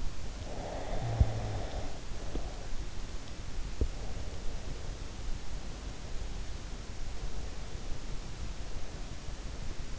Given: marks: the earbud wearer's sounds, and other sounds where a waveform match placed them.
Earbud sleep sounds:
sounds in sleep by an in-ear microphone; snoring breath
0.00-2.75 s: snoring breath

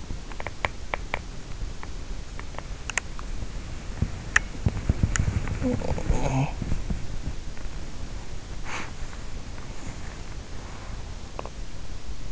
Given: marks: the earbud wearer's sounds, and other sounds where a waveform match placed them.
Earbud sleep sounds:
sounds in sleep by an in-ear microphone; body movement, teeth grinding, talking in sleep
0.00-12.32 s: body movement
0.35-1.78 s: teeth grinding
5.38-6.80 s: talking in sleep

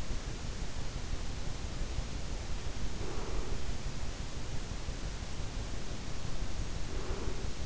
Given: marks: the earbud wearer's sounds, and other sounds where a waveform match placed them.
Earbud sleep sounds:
sounds in sleep by an in-ear microphone; breath
0.25-1.64 s: breath
2.88-4.50 s: breath
6.13-7.65 s: breath

